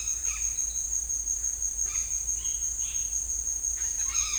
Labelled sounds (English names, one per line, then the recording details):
none
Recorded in secondary vegetation near Puerto Asís, Putumayo, Colombia, on 20 December 2024 at 17:00
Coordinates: 0.484, -76.319
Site GP06